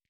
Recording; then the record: hydrophone in a shrimp aquaculture tank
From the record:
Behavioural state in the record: starved